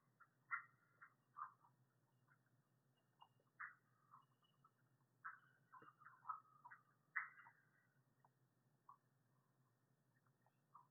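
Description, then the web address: Red-eyed tree frog calls: brief knocking chucks at irregular intervals, some in short bunched runs, against a quiet low background hum. "Agalychnis callidryas"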